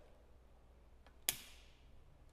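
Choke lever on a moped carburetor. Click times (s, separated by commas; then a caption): 1.3 s. On a warmed-up 1978 Garelli GranSport 50cc moped, the throttle is pulled all the way back, releasing the metal choke lever on the carburetor. The lever springs off with a sharp click at 1.3 s, and the choke is released.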